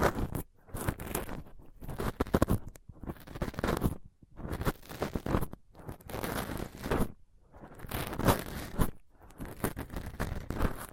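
A microphone is roughly picked and scratched with a dental pick, tweezers and a cotton swab. Dense, crackling scrapes come in bursts of a second or two, broken by brief silences about every one to two seconds, with sharper crunchy peaks throughout.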